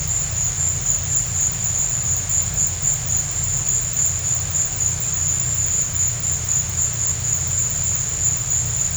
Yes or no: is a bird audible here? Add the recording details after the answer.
no. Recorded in dense forest near Puerto Asís, Putumayo, Colombia, on 20 December 2024 at 15:00. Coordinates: 0.468, -76.322. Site G071